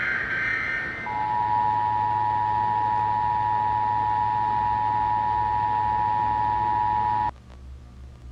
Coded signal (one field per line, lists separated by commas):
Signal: Emergency Alert System (SAME) tones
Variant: 853 and 960 Hz attention tone